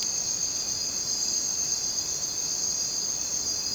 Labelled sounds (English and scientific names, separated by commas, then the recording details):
none
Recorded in dense forest near Puerto Asís, Putumayo, Colombia, on 23 June 2025 at 02:30
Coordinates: 0.484, -76.317
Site G045